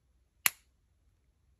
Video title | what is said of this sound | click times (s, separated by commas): How To Manipulate and Install Solar Assembly Kit DK10N Dinkle DIN Rail Terminal Blocks Blocks | right so we're going to put the foot in there and you'll hear it click | 0.5 s